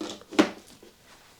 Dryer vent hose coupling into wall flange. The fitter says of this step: Clicks in place simple it's not as